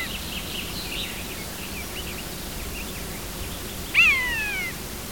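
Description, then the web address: Common buzzard utters one drawn-out descending mew near the end, while faint high chirps from other birds sound earlier over a steady background hiss. "chant xeno-canto buse variable"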